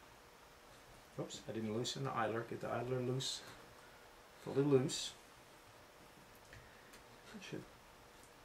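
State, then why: Seated. Someone talks while loosening the idler, then a belt pulley is pressed home onto the drive shaft of an RC boat with one short hit. A brief click at 6.5 s marks the pulley popping into place, seated down on the shaft.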